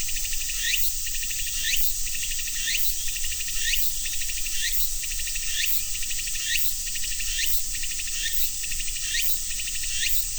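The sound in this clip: Cicadas droning in a steady high-pitched buzz, with short rising chirps repeating about once a second.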